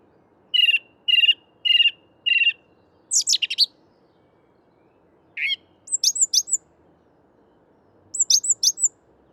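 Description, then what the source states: Song Thrush singing: four repeated rich whistled notes, then a scratchy burst and several high ringing phrases, low steady hum behind. Recorded at dawn, 5 March 2021, in a Paris park woodland, mono via Nagra recorder and parabolic microphone; song higher than blackbird's, phrases of notes repeated 3–6 times, faster rhythm.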